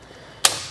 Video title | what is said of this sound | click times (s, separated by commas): etrailer - Setting up the RockyMounts GuideRail Bike Rack for 2 Bikes on your 2022 Nissan Frontier | you hear it click into place again and we can get that new measurement | 0.4 s